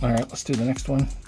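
Someone talks while handling a plastic Hasbro Marvel Legends build-a-figure body part, about to push it onto the figure's ball or peg joint, with faint music in the background. Nothing has seated or clicked yet.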